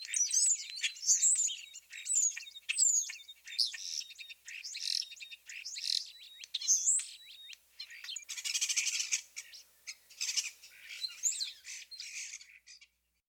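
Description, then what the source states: European Starling song, a jumbled run of squeaky whistles, clicks and harsh buzzy rattles in uneven bursts, the later part rougher and noisier. Typical complex vocalizations of starlings; the species is a talented mimic, with high-pitched squeaky squeals, wolf whistles and garbled clucks and clicks; wolf whistle notes especially helpful for recognition.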